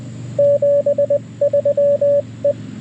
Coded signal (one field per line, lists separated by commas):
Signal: Morse code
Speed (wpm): 21 wpm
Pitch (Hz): 590 Hz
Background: radio noise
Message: 73 E